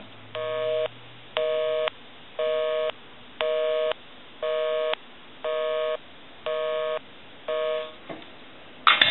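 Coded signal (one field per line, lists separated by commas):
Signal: telephone call progress tone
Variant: North America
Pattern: busy tone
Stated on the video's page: Call progress tone heard on an elephant brass telephone during initial checkout and repair.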